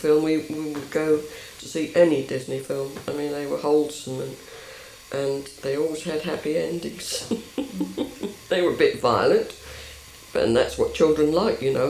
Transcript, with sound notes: We would go to see any Disney film. I mean they were wholesome. And they always had happy endings. [laughs]
Mhm.
They were a bit violent. But then that's what children like, you know.